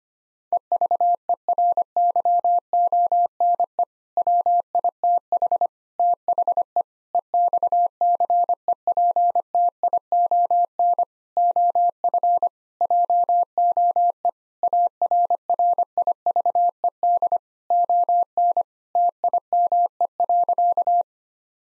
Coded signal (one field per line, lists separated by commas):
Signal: Morse code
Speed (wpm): 25 wpm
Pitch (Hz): 700 Hz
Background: none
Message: EVERYONE WITH THE EXCEPTION OF JOE ARRIVED ON TIME.